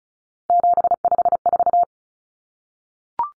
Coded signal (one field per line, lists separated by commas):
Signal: Morse code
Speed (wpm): 34 wpm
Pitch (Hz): 700 Hz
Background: none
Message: 754